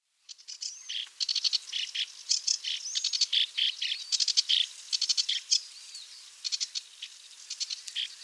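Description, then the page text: Sedge warbler singing a long, restless stream of scratchy chatter, rapid trills and brief whistled slurs, fast and constantly changing. "Sedge Warbler Song Sound Effect. Quick Sounds"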